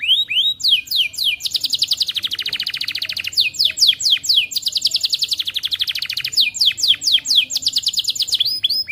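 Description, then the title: Atlantic canary song of swooping whistles leading into long, fast rolling trills, repeated in cycles with fresh whistled phrases between them throughout. Canary from the songbird hobby (kicaumania), described as 'gacor' (singing vigorously) with top 'cengkok' phrasing and very rich 'isian' fill-in phrases. "Kenari Gacor Cengkok Terbaik Isian Paling Mewah Kenarigacor Kicaumania Kenari"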